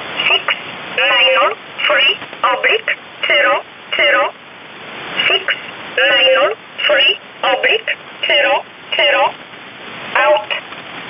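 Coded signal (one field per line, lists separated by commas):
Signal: numbers station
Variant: E11 Oblique, English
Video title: 10 04 2019 E11 Oblique Numbers station in English 1045 on 7317 unknown tx site in USB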